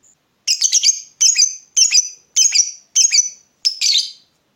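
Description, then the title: Lovebird song: six bursts of high, chattering chirps, each about half a second long, separated by brief pauses. Lovebird whose style makes it look very clever at baiting (memancing), prompting other birds to sing. "Dari Gayanya Lovebird Ini Terlihat Pintar Sekali Memancing"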